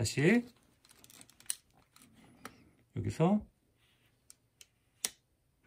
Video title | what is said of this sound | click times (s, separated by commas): 카메라의 구조와 기능 | 이렇게 딱 소리가 나죠? 그래서 딱 완전히 고정이 되는가를 확인을 해야 돼. | 5.1 s